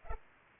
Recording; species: mosquito wingbeat signal from an infrared sensor; Culex pipiens